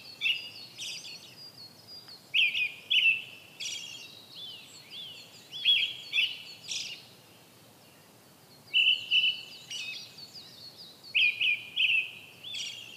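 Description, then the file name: Brown-headed thrush: clear whistled two-part phrases separated by brief gaps, set against twittering and chirps from other birds. "akahara"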